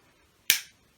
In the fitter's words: it clicks into place